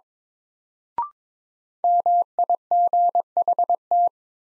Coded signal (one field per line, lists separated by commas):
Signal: Morse code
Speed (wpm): 22 wpm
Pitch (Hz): 700 Hz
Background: none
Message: MIGHT